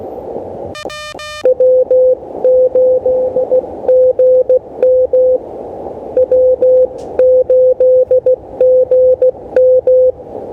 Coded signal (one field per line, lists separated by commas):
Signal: Morse code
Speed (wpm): 16 wpm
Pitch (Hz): 510 Hz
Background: none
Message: W8GM W8GM